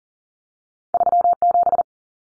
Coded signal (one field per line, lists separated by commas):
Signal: Morse code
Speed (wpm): 40 wpm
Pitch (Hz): 700 Hz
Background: none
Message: 37